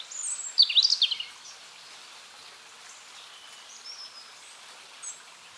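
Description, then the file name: European robin giving one brief, loud burst of high jangling twitters at the start, followed by faint, scattered thin whistles over steady background hiss. "Erithacus rubecula"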